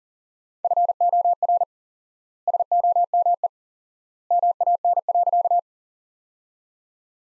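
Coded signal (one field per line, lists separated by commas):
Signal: Morse code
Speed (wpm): 40 wpm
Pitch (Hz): 700 Hz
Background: none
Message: FOR SOME MAN.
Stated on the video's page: Morse practice at 40 wpm, sentences from top 200 words with 4x word spacing, similar to the Farnsworth method.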